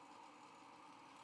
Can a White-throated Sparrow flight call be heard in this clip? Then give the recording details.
no. No flight call is heard. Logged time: 10:52 on 23 November 2014